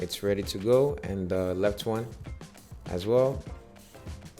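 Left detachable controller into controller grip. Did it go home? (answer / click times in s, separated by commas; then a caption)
no / none. Someone talks while handling the left detachable controller as it is slid into the plastic controller grip after the right one, with a faint brief sound near the end. The clip stops before the part goes home, so the controller half has not seated or clicked into the grip yet.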